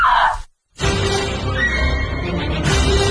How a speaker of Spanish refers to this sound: ¿Y ese grito de qué venía? No sé.